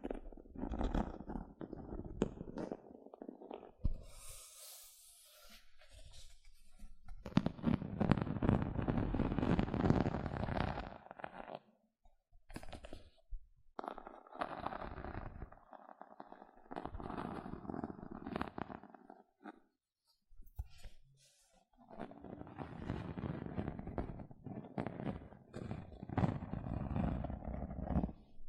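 Gentle scratching comes in several bursts of soft, dense rustling, strongest around 7–11 seconds and again from 22 seconds to the end. Between bursts are short near-silent gaps, with a brief brighter hiss near 4–5 seconds. The texture is low and grainy throughout.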